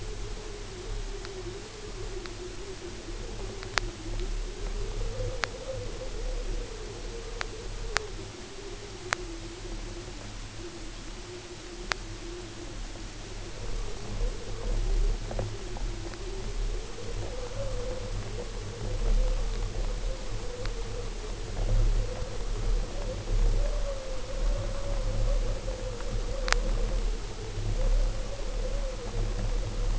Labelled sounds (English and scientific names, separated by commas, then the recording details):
none
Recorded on Arctic tundra, site UTQI-5, on 19 June 2018
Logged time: 22:00